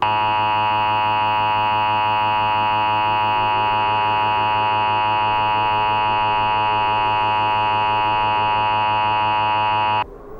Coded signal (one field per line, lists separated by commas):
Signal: Emergency Alert System (SAME) tones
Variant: 853 and 960 Hz attention tone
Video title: Cyberattack EAS Scenario - Cryo Attack